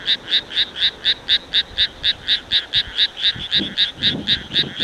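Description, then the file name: Frog calling in a steady series of short, high-pitched pulsed notes, about four per second. "kaeru"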